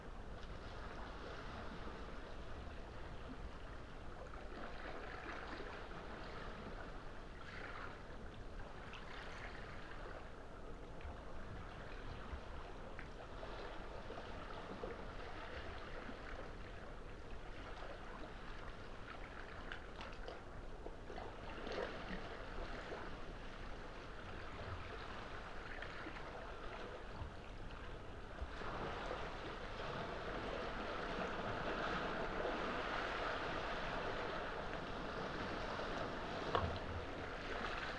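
Water washes steadily at night in a dense, unbroken hiss with a low rumble underneath and no clear pauses between waves. The sound swells slightly louder after about half a minute, and a single sharp knock lands near the end.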